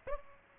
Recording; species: mosquito wingbeat signal from an infrared sensor; Aedes aegypti